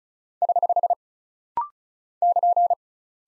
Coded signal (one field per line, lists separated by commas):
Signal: Morse code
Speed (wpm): 36 wpm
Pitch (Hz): 700 Hz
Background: none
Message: <HH> <KN>